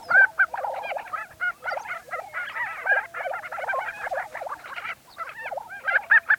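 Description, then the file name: Lesser prairie chickens cackling and yelping in overlapping bursts, with a short pause before a last flurry of calls. Recorded 20 April 2013. "2013-04-20 Lesser Prairie Chicken"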